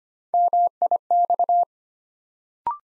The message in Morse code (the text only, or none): MIX